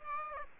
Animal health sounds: mosquito wingbeat signal from an infrared sensor; Aedes aegypti

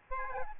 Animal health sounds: mosquito wingbeat signal from an infrared sensor; Aedes albopictus

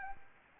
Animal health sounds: mosquito wingbeat signal from an infrared sensor; Aedes albopictus

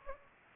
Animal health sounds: mosquito wingbeat signal from an infrared sensor; Anopheles gambiae

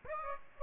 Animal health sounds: mosquito wingbeat signal from an infrared sensor; Aedes aegypti

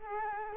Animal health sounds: mosquito wingbeat signal from an infrared sensor; Culex quinquefasciatus

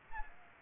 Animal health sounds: mosquito wingbeat signal from an infrared sensor; Aedes aegypti

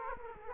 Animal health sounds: mosquito wingbeat signal from an infrared sensor; Culex quinquefasciatus

